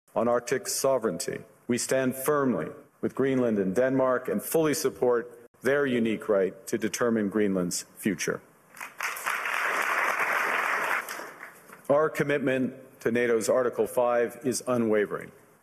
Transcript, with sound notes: "On Arctic sovereignty, we stand firmly with Greenland and Denmark and fully support their unique right to determine Greenland's future. (applause) Our commitment to NATO's Article 5 is unwavering.